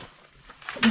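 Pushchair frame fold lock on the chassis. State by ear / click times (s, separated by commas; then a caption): seated / 0.7 s, 0.8 s. A Joie Brisk LX pushchair chassis is unfolded, and its frame fold lock engages with sharp plastic-and-metal clicks at 0.7 s and 0.8 s, after a quiet start and a brief rustle from about 0.6 s. The fold lock is seated in place.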